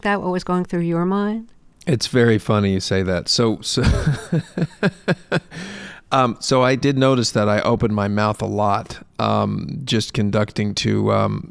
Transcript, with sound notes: what was going through your mind?
It's very funny you say that. So - (laughter) so I did notice that I opened my mouth a lot just conducting